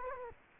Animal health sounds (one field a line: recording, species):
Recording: mosquito wingbeat signal from an infrared sensor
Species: Culex quinquefasciatus